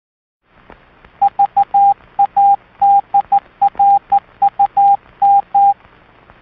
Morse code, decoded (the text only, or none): VADRUM